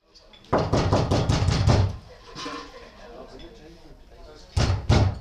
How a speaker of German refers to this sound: Erneut wurde jetzt an die kleine Tür geklopft. Sind das immer noch die Hausangestellten?